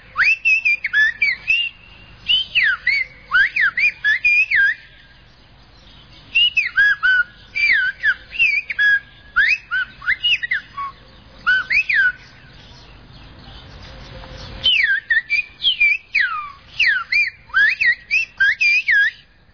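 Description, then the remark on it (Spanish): A message in Silbo Gomero, the whistled language of the island of Gomera in the Canary Islands: bursts of loud, high, sliding whistles that rise and fall like speech melody, grouped into phrases separated by two short pauses. “Cambios sociales situaron al silbo gomero al borde de la extinción, pero las iniciativas de diversos agentes sociales de la isla de Gomera indujeron al Parlamento y al Gobierno de Canarias a elaborar una legislación”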